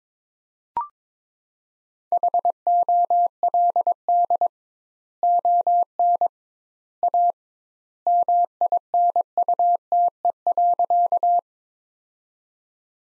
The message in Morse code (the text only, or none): HOLD ON A MINUTE.